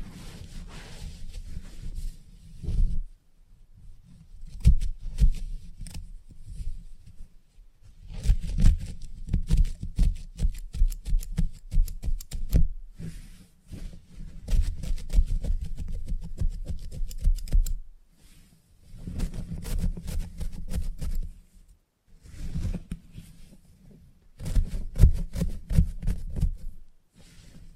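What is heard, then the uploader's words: Salon haircut with bursts of dense crackly rubbing and snipping, strongest around 8–13 and 19–27 seconds, separated by quieter pauses. Salon Haircut Head Massage, Scissors and Clipper.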